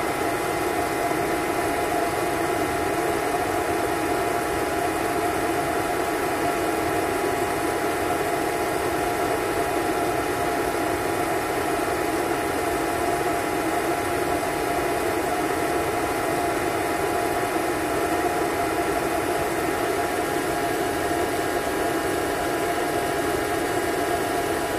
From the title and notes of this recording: Vacuum Cleaner Sleep Sound for Babies.